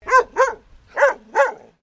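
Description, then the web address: Dalmatian barking: two quick sharp barks, a short pause, then two more, with nothing else heard. Female dog barking. "Sound Effects-Foundation 1 ANIMAL DOG DALMATIAN FEMALE BARK"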